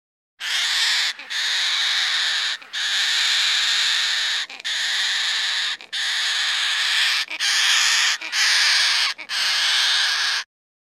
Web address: goffins cockatoo loud screeching calls